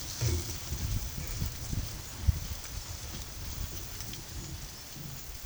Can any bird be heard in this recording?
no